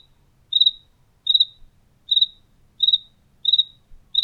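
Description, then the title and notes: Cricket call of short trilled chirps, each a quick burst of pulses, repeated a little more than once a second; soft low hum underneath. Recorded indoors in a house kitchen in Tlaxcala, Mexico. "Grillo Tlaxcalteca. Grillo grabado por Hugo Diego Blanco en la cocina de su casa en Tlaxcala"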